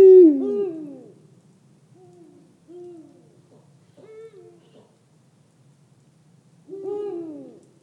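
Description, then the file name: Eurasian eagle-owl calling with a loud deep hoot, followed by quieter shorter hoots, then another strong hoot near the end. "Der Uhu Ruf Voegel in Europa"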